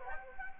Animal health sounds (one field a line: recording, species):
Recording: mosquito wingbeat signal from an infrared sensor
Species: Anopheles gambiae